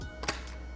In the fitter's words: it'll lock into place and now you have your camera firmly secured to your tripod